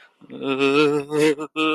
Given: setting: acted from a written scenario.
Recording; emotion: vocal sound without words; fear